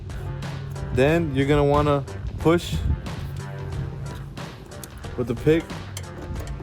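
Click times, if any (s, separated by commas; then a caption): none. The red locking tab on a tail light connector is handled during an LED tail light install on a 2019–2026 Sierra 1500, with the goal of pushing it so the connector locks in place. Someone talks over background music, and a few faint short ticks and handling noises can be heard. The clip ends before the tab goes home, so nothing has seated or clicked yet.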